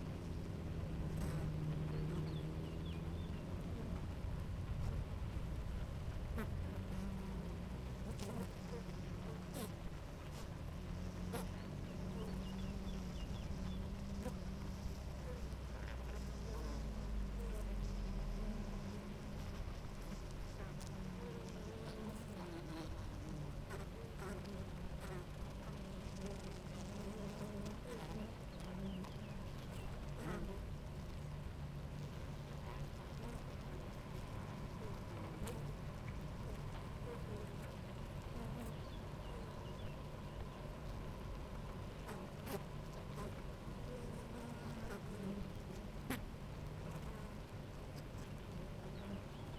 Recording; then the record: honeybee colony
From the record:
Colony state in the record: active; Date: 28 July 2017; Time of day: 9:51